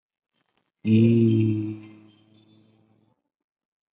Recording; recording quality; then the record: sustained vowel as in beet; excellent, no background noise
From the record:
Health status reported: COVID-19 positive, mild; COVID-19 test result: positive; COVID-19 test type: RT-PCR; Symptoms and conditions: cough, breathing difficulty, fatigue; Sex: male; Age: 30 years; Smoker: no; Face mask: not worn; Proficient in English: yes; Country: India